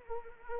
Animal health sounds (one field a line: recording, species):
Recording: mosquito wingbeat signal from an infrared sensor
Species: Anopheles arabiensis